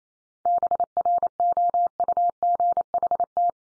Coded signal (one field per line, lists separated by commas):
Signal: Morse code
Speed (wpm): 28 wpm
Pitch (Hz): 700 Hz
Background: none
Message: BROUGHT